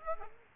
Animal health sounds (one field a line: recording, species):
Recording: mosquito wingbeat signal from an infrared sensor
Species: Aedes aegypti